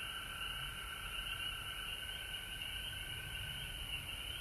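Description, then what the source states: Many frogs keep up a continuous high trilling chorus, notes overlapping into a dense even buzz, over a low rumbling background. Frogs recorded at home in Georgia on March 19, 2020.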